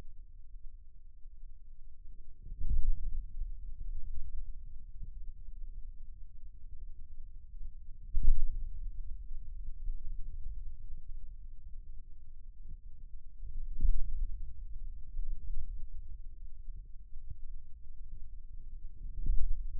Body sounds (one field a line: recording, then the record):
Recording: forearm muscle sounds (acoustic myography)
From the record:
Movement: finger pinch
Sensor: system 2, bracelet of six BSWA MPA416 microphones around the upper forearm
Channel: 1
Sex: male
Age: 22 years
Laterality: right